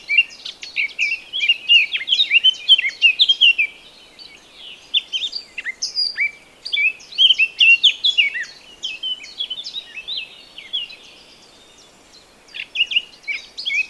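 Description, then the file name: Eurasian blackcap song: several phrases of rapid, varied warbling with bright whistled notes, separated by short pauses. "Sylvia atricapilla"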